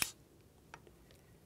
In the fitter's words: all the way until you hear the final click